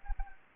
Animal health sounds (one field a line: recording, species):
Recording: mosquito wingbeat signal from an infrared sensor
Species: Anopheles gambiae